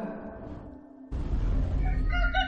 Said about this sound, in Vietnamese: Tiếng gà gáy đã vang lên, xua tan đi bầu không khí u ám đáng sợ này.